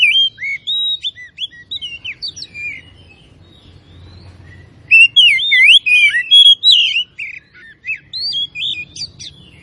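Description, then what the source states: Oriental magpie-robin song of varied, warbling whistles and scratchy notes, a lively phrase opening, a pause, then a denser and louder run. Kacer from Tretes; described as gacor, singing continuously and vigorously.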